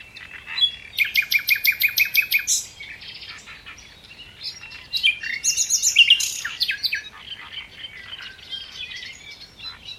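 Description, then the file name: Common nightingale song, a fast rhythmic series of repeated notes over about two seconds, then a varied phrase of sharp chirps and whistles, fading at the end. "Luscinia megarhynchos"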